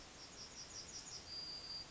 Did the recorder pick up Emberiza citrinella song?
yes